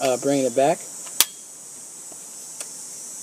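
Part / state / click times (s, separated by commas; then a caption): folding stock into its hinge lock on an airsoft gun / seated / 1.2 s. Someone talks briefly as the folding stock of a KWA KMP9 airsoft gun is swung back after its release button is pressed. A sharp, loud click at 1.2 s marks the stock locking into place in its hinge, followed by a faint tick around 2.6 s over steady hiss.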